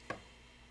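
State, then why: Seated. A craft cutting die is lined up on its base until it finds the locating hole and clicks into place, locking it in. A single short, sharp click is heard at 0.1 s, followed by quiet. No one talks.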